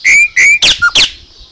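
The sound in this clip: Chopi Blackbird song: two clear, slightly rising whistles, followed by two harsh noisy notes with a short pure whistle between them.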